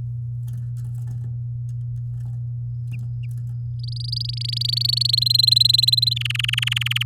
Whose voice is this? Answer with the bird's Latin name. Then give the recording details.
Serinus canaria. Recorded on 8 May 2018 at 06:23. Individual llb16